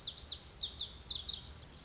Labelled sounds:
Lazuli Bunting
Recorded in Sonoma County, California

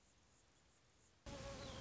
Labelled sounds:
Anna's Hummingbird
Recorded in Sonoma County, California

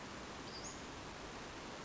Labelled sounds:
Western Flycatcher
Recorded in Sonoma County, California

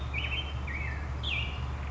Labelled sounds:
Black-headed Grosbeak
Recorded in Sonoma County, California

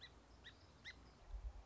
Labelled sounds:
Song Sparrow
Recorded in Sonoma County, California

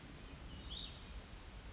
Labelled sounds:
Brown Creeper
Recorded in Sonoma County, California

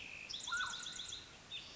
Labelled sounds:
Mountain Quail
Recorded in Sonoma County, California

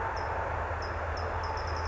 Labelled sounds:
California Towhee
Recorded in Sonoma County, California

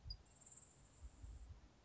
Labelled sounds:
Grasshopper Sparrow
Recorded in Sonoma County, California

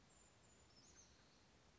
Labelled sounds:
Brown Creeper
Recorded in Sonoma County, California

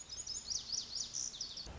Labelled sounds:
Lazuli Bunting
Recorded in Sonoma County, California

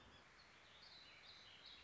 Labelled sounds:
Warbling Vireo
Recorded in Sonoma County, California

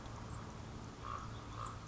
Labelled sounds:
Common Raven
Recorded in Sonoma County, California

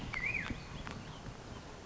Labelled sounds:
Black-headed Grosbeak
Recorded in Sonoma County, California

